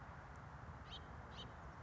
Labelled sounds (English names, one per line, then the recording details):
House Finch
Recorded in Sonoma County, California